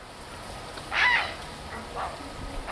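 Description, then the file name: Grey heron call: one harsh, hoarse squawk over a steady noisy background, followed by fainter rasping sounds. "Bernat Pescaire"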